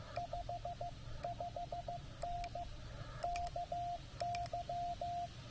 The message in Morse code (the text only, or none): 55N KY